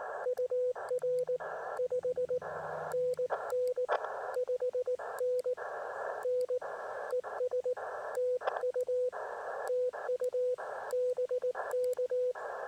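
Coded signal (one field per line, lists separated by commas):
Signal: Morse code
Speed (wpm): 18 wpm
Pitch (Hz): 500 Hz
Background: radio noise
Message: UR 5NN 5NN ES TU TU BK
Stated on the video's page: POTA CW activation, QRP portable, likely Penntek rig with Bioenno battery and end-fed half-wave antenna.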